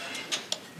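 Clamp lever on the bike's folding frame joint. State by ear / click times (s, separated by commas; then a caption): seated / 0.5 s. The metal clamp lever on the folding frame joint of a cargo bike is closed by hand until it locks. A soft tick is heard near 0.3 s, then a sharp click at 0.5 s as the lever snaps shut and seats. The clamp is locked closed.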